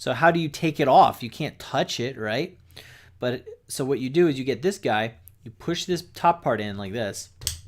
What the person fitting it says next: Hear that click?